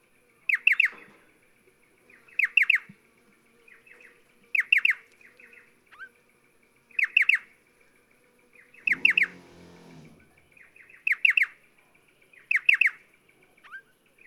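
Striated pardalote giving clipped triple-note calls roughly every two seconds, soft twitters in between and a brief rustling noise near the middle.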